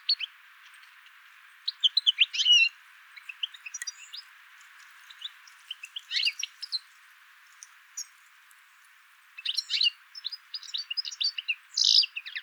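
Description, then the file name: European goldfinch twittering calls, bursts of bright tinkling chirps in several clusters, over a steady background hiss. "Carduelis carduelis"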